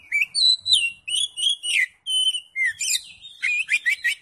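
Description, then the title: Oriental magpie-robin song with clear, sweet whistled phrases sliding up and down, followed by a burst of scratchy, rapid notes. "Kacer"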